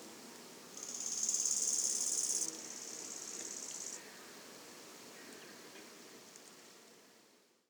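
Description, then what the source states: Bow-winged grasshopper producing a single high, hissing stridulation burst, loud at first and then softer for another second and a half, followed by quiet. Moving before stridulating again; le Puech, France; 22 October 2006; recorded with a modified Telinga Earsight omni microphone.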